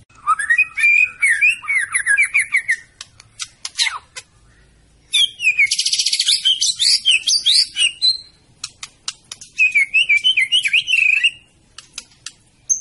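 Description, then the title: Bird song: loud varied warbling with fast trills, rapid buzzy rattles and high twittering phrases, broken by short pauses. Complete masteran bird song. "Kicau Burung Masteran Lengkap"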